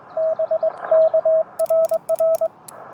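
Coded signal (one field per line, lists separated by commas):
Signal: Morse code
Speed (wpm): 21 wpm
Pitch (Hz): 650 Hz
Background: radio noise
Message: BKRR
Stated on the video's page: CW from a Parks On The Air activation at a state nature preserve, alongside SSB.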